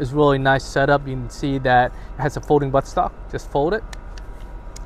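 Someone talks while folding the butt stock of an Archwick conversion body kit, fitted with a T4E Glock 17 Gen5, closed against the kit body. A sharp click sounds at 4.8 s as the folding stock latches and locks into place.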